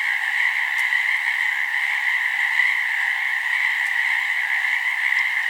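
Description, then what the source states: Frog chorus, many callers blending into a steady, unbroken trilling drone, with a few faint clicks above it. Frogs recorded in BC.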